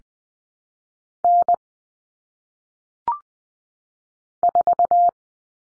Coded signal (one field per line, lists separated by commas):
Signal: Morse code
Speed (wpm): 20 wpm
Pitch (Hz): 700 Hz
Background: none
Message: N 4